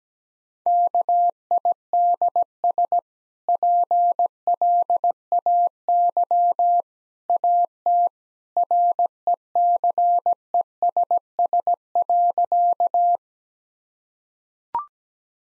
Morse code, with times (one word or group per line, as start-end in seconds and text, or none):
0.7-3.0 KIDS
3.5-6.8 PLAY
7.3-8.1 AT
8.6-13.2 RECESS.